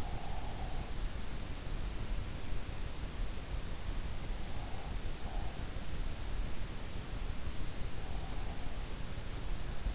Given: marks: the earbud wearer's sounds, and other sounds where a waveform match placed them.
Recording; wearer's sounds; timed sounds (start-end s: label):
sounds in sleep by an in-ear microphone; breath
0.00-0.95 s: breath